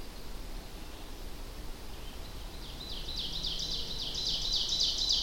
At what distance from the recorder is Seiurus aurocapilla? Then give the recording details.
about 45 m. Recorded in boreal forest in Alberta, Canada, on 25 June 2016 at 07:49. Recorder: SongMeter 3, array SBT-6-76. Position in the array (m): 301 m, 78 m. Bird 1